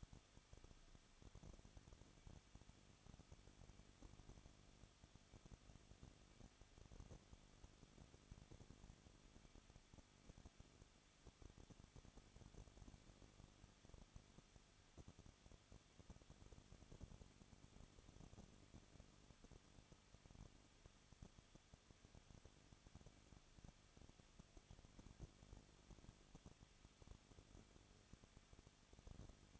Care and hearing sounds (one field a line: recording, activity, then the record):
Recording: daily activity, microphone in the room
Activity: no activity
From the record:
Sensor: 4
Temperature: 23.0 degrees Celsius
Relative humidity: 34.2%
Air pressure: 1007.3 hPa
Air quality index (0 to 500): 214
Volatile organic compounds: 14 ppm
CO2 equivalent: 2470 ppm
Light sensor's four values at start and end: 2/3/1/1 and 2/3/1/1